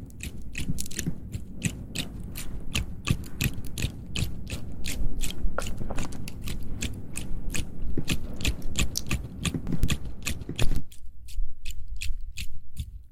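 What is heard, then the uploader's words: Soft mouth sounds: a steady run of small wet clicks and smacks, quick and irregular, several per second, over a low murmuring bed. Just before the eleventh second the low rumble drops away, leaving sparser, crisper clicks to the end. Soft Mouth Sounds For Sleep.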